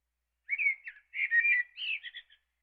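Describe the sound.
Eastern blackbird warbling whistled phrase of several linked notes, ending in a softer fluttery tail.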